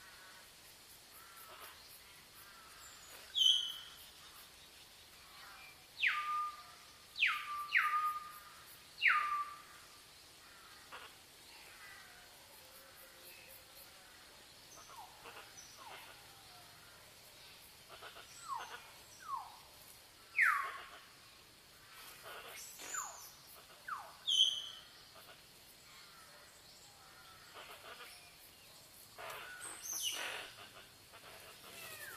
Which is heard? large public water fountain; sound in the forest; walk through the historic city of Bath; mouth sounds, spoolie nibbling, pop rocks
sound in the forest